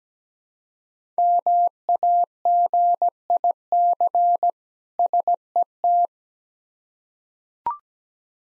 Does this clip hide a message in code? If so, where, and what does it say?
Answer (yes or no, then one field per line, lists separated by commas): yes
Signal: Morse code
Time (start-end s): 1.2-6.1 s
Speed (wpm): 17 wpm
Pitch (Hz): 700 Hz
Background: none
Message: MAGIC SET